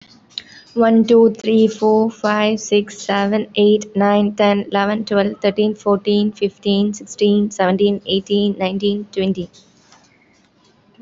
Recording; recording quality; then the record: counting at a normal pace; excellent, no background noise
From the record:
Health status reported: healthy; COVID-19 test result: negative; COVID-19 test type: RT-PCR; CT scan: not taken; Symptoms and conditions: none ticked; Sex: female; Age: 19 years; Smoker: no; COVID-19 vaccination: both doses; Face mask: worn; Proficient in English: yes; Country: India